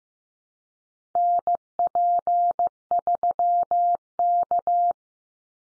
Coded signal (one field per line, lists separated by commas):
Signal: Morse code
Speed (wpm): 15 wpm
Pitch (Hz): 700 Hz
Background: none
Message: NP3K